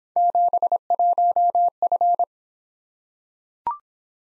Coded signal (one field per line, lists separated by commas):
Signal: Morse code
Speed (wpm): 26 wpm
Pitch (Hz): 700 Hz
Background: none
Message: 71F